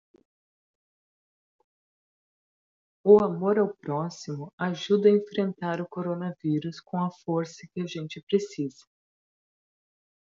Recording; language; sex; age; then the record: spoken sentence; Brazilian Portuguese; female; 40 to 49 years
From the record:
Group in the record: control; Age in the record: 40 years